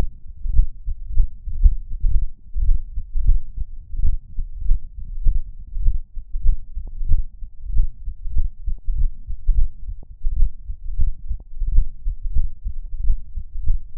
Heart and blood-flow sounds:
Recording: heart sounds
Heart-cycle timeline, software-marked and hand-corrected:
0.00	0.06	S1
0.06	0.26	systole
0.26	0.33	S2
0.33	0.51	diastole
0.51	0.63	S1
0.63	0.86	systole
0.86	0.93	S2
0.93	1.15	diastole
1.15	1.24	S1
1.24	1.38	systole
1.38	1.47	S2
1.47	1.61	diastole
1.61	1.70	S1
1.70	1.79	systole
1.79	1.87	S2
1.87	2.04	diastole
2.04	2.17	S1
2.17	2.33	systole
2.33	2.44	S2
2.44	2.64	diastole
2.64	2.80	S1
2.80	2.96	systole
2.96	3.04	S2
3.04	3.24	diastole
3.24	3.40	S1
3.40	3.60	systole
3.60	3.72	S2
3.72	3.98	diastole
3.98	4.14	S1
4.14	4.34	systole
4.34	4.44	S2
4.44	4.64	diastole
4.64	4.78	S1
4.78	4.96	systole
4.96	5.04	S2
5.04	5.24	diastole
5.24	5.40	S1
5.40	5.56	systole
5.56	5.62	S2
5.62	5.80	diastole
5.80	5.96	S1
5.96	6.14	systole
6.14	6.22	S2
6.22	6.42	diastole
6.42	6.56	S1
6.56	6.76	systole
6.76	6.86	S2
6.86	7.08	diastole
7.08	7.24	S1
7.24	7.42	systole
7.42	7.50	S2
7.50	7.72	diastole
7.72	7.88	S1
7.88	8.06	systole
8.06	8.14	S2
8.14	8.34	diastole
8.34	8.46	S1
8.46	8.66	systole
8.66	8.76	S2
8.76	8.96	diastole
8.96	9.10	S1
9.10	9.26	systole
9.26	9.34	S2
9.34	9.54	diastole
9.54	9.70	S1
9.70	9.94	systole
9.94	10.08	S2
10.08	10.34	diastole
10.34	10.50	S1
10.50	10.68	systole
10.68	10.76	S2
10.76	10.98	diastole
10.98	11.12	S1
11.12	11.30	systole
11.30	11.42	S2
11.42	11.66	diastole
11.66	11.84	S1
11.84	12.04	systole
12.04	12.14	S2
12.14	12.34	diastole
12.34	12.48	S1
12.48	12.66	systole
12.66	12.78	S2
12.78	13.02	diastole
13.02	13.16	S1
13.16	13.34	systole
13.34	13.44	S2
13.44	13.66	diastole
13.66	13.80	S1
13.80	13.96	systole
13.96	13.98	S2
From the record:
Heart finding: aortic stenosis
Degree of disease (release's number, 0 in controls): 2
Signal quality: good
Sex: female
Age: 90 years or older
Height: 1.63 m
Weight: 60 kg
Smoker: no

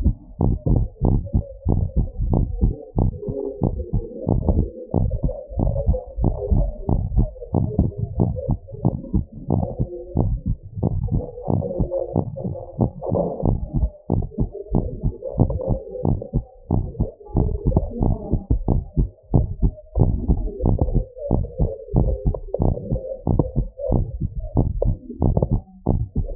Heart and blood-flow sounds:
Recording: heart sounds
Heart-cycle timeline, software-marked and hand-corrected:
0.00	0.03	systole
0.03	0.15	S2
0.15	0.41	diastole
0.41	0.55	S1
0.55	0.71	systole
0.71	0.87	S2
0.87	1.07	diastole
1.07	1.21	S1
1.21	1.35	systole
1.35	1.45	S2
1.45	1.67	diastole
1.67	1.81	S1
1.81	1.97	systole
1.97	2.07	S2
2.07	2.29	diastole
2.29	2.45	S1
2.45	2.61	systole
2.61	2.75	S2
2.75	2.99	diastole
2.99	3.11	S1
3.11	3.29	systole
3.29	3.39	S2
3.39	3.63	diastole
3.63	3.75	S1
3.75	3.95	systole
3.95	4.05	S2
4.05	4.29	diastole
4.29	4.43	S1
4.43	4.57	systole
4.57	4.69	S2
4.69	4.95	diastole
4.95	5.11	S1
5.11	5.25	systole
5.25	5.35	S2
5.35	5.59	diastole
5.59	5.73	S1
5.73	5.87	systole
5.87	5.97	S2
5.97	6.19	diastole
6.19	6.33	S1
6.33	6.53	systole
6.53	6.69	S2
6.69	6.89	diastole
6.89	7.01	S1
7.01	7.15	systole
7.15	7.29	S2
7.29	7.55	diastole
7.55	7.67	S1
7.67	7.79	systole
7.79	7.91	S2
7.91	8.17	diastole
8.17	8.33	S1
8.33	8.49	systole
8.49	8.59	S2
8.59	8.83	diastole
8.83	8.95	S1
8.95	9.15	systole
9.15	9.25	S2
9.25	9.51	diastole
9.51	9.67	S1
9.67	9.87	systole
9.87	9.95	S2
9.95	10.17	diastole
10.17	10.31	S1
10.31	10.47	systole
10.47	10.57	S2
10.57	10.81	diastole
10.81	10.93	S1
10.93	11.13	systole
11.13	11.25	S2
11.25	11.49	diastole
11.49	11.63	S1
11.63	11.81	systole
11.81	11.91	S2
11.91	12.15	diastole
12.15	12.25	S1
12.25	12.45	systole
12.45	12.55	S2
12.55	12.79	diastole
12.79	12.91	S1
12.91	13.13	systole
13.13	13.25	S2
13.25	13.47	diastole
13.47	13.59	S1
13.59	13.81	systole
13.81	13.91	S2
13.91	14.11	diastole
14.11	14.23	S1
14.23	14.39	systole
14.39	14.49	S2
14.49	14.73	diastole
14.73	14.85	S1
14.85	15.05	systole
15.05	15.15	S2
15.15	15.39	diastole
15.39	15.51	S1
15.51	15.71	systole
15.71	15.81	S2
15.81	16.05	diastole
16.05	16.19	S1
16.19	16.35	systole
16.35	16.45	S2
16.45	16.71	diastole
16.71	16.83	S1
16.83	17.01	systole
17.01	17.11	S2
17.11	17.35	diastole
17.35	17.49	S1
17.49	17.67	systole
17.67	17.81	S2
17.81	18.01	diastole
18.01	18.15	S1
18.15	18.33	systole
18.33	18.43	S2
18.43	18.69	diastole
18.69	18.83	S1
18.83	18.99	systole
18.99	19.09	S2
19.09	19.35	diastole
19.35	19.47	S1
19.47	19.61	systole
19.61	19.71	S2
19.71	19.97	diastole
19.97	20.11	S1
20.11	20.27	systole
20.27	20.39	S2
20.39	20.63	diastole
20.63	20.77	S1
20.77	20.95	systole
20.95	21.07	S2
21.07	21.31	diastole
21.31	21.45	S1
21.45	21.61	systole
21.61	21.71	S2
21.71	21.95	diastole
21.95	22.09	S1
22.09	22.27	systole
22.27	22.37	S2
22.37	22.61	diastole
22.61	22.75	S1
22.75	22.93	systole
22.93	23.03	S2
23.03	23.29	diastole
23.29	23.41	S1
23.41	23.57	systole
23.57	23.67	S2
23.67	23.91	diastole
23.91	24.03	S1
24.03	24.23	systole
24.23	24.33	S2
24.33	24.55	diastole
24.55	24.67	S1
24.67	24.83	systole
24.83	24.95	S2
24.95	25.21	diastole
25.21	25.35	S1
25.35	25.53	systole
25.53	25.65	S2
25.65	25.89	diastole
25.89	26.01	S1
26.01	26.17	systole
26.17	26.27	S2
26.27	26.36	diastole
From the record:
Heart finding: normal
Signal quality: good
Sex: female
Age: 70 years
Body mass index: 26.2

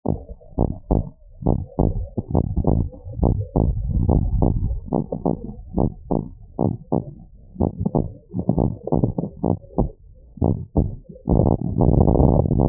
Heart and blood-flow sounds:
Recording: heart sounds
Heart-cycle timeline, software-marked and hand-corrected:
0.00	0.07	systole
0.07	0.16	S2
0.16	0.55	diastole
0.55	0.65	S1
0.65	0.89	systole
0.89	1.01	S2
1.01	1.46	diastole
1.46	1.58	S1
1.58	1.76	systole
1.76	1.89	S2
1.89	2.34	diastole
2.34	2.45	S1
2.45	2.67	systole
2.67	2.79	S2
2.79	3.17	diastole
3.17	3.32	S1
3.32	3.56	systole
3.56	3.67	S2
3.67	4.08	diastole
4.08	4.20	S1
4.20	4.40	systole
4.40	4.52	S2
4.52	4.89	diastole
4.89	5.02	S1
5.02	5.22	systole
5.22	5.34	S2
5.34	5.75	diastole
5.75	5.87	S1
5.87	6.10	systole
6.10	6.22	S2
6.22	6.58	diastole
6.58	6.74	S1
6.74	6.92	systole
6.92	7.04	S2
7.04	7.57	diastole
7.57	7.70	S1
7.70	7.93	systole
7.93	8.04	S2
8.04	8.54	diastole
8.54	8.64	S1
8.64	8.92	systole
8.92	9.01	S2
9.01	9.42	diastole
9.42	9.52	S1
9.52	9.77	systole
9.77	9.87	S2
9.87	10.44	diastole
10.44	10.56	S1
10.56	10.71	systole
10.71	10.83	S2
10.83	11.10	diastole
11.10	12.69	noise
From the record:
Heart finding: normal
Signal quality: good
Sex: female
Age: 21 years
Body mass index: 19.7

